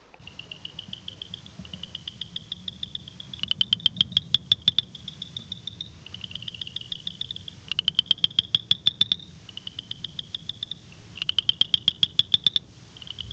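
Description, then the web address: Tree frog calls: high, trilled notes alternate with bursts of rapid sharp clicks, each burst recurring every few seconds, over a low steady hum. "Hylidae"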